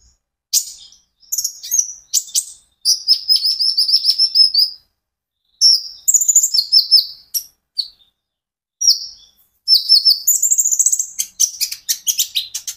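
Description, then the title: Van Hasselt's sunbird song: rapid high, thin chirps and sharp twittering bursts, broken by short pauses and ending in a dense run of quick ticking notes. Steady, continuous song, used as a lure and for therapy to get birds to answer and sing. "KOLIBRI NINJA KONIN IJOAN GACOR COCOK UNTUK PANCINGAN TERAPI KONIN BAHAN PASTI NYAUT"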